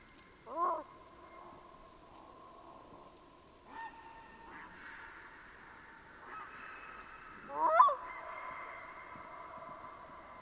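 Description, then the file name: Black-throated loon giving long, steady wailing notes with a few sharper, wavering cries; the calls overlap and hold for several seconds against a quiet background. "parelduiker"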